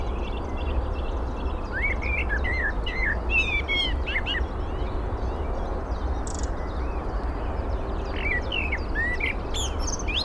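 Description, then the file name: Eurasian blackbird delivering repeated rich warbled phrases with high twittering endings, set against steady low-frequency background hum and scattered high chirps. "Turdus merula"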